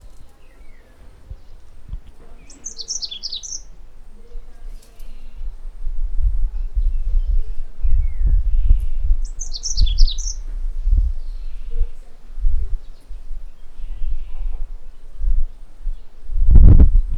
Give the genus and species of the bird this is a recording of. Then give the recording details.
Crithagra dorsostriata. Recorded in northern Uganda